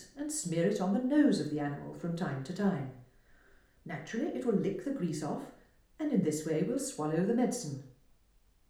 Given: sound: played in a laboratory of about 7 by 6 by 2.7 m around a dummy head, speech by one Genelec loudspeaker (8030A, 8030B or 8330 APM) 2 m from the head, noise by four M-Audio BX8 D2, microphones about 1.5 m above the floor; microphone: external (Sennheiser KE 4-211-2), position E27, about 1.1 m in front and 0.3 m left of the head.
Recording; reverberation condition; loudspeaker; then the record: female speech in English; medium; 60 degrees to the left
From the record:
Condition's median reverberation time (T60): about 510 ms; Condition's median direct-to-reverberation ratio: about -0.5 dB